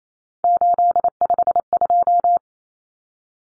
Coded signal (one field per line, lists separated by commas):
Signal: Morse code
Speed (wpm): 28 wpm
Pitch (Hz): 700 Hz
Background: none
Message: 852